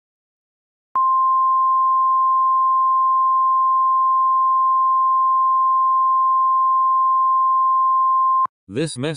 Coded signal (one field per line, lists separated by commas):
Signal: Emergency Alert System (SAME) tones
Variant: 1050 Hz attention tone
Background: speech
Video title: EAS Scenario: The Gabs